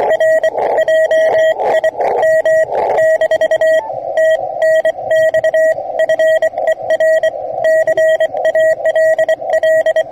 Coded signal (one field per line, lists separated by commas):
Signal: Morse code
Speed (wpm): 25 wpm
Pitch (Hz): 640 Hz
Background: radio noise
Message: R JIM - TNX FER CALL